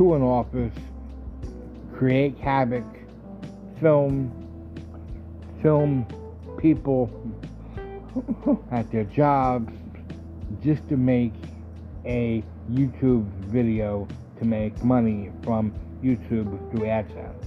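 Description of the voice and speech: An adult man speaks with a stutter he has had all his life, since birth, on some words and sometimes uncontrollable; he was a high forceps delivery. His speech has a repeated word, prolonged sounds and long silent pauses mid-phrase.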